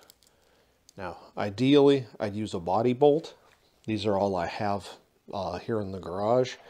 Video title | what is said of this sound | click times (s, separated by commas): Make Your Own Radiator Fan Shroud | and then it'll snap right in like that | 0.1 s